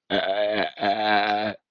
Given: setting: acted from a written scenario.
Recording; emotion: vocal sound without words; confusion